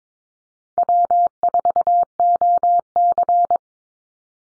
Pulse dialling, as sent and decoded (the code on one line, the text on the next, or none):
none